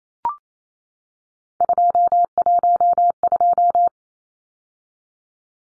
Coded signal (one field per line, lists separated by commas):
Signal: Morse code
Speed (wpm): 28 wpm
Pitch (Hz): 700 Hz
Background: none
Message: 212